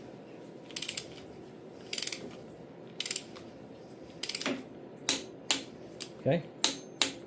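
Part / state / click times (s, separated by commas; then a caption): torque wrench on an engine bolt of a tractor engine / torque reached / 6.6 s, 7.0 s. A torque wrench set to 45 tightens bolt number one on a 1950 Farmall Cub tractor engine, with repeated short bursts as the bolt is drawn down while someone talks. The wrench then clicks twice at its setting, at 6.6 s and 7.0 s, confirming the bolt has reached torque.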